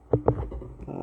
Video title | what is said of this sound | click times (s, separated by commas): Garmin Vivo fit 4 battery replacement | until you find the spot where they actually lock into place. | 0.1 s, 0.3 s